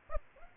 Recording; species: mosquito wingbeat signal from an infrared sensor; Aedes aegypti